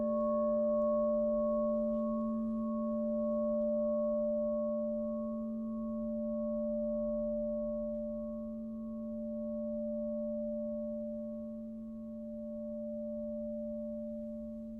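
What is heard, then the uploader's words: A crystal singing bowl rings with a steady, sustained tone that holds for the whole stretch, a strong low hum layered with a few clear higher tones. The volume swells and eases in slow, regular waves, and nothing else intrudes. Crystal singing bowl.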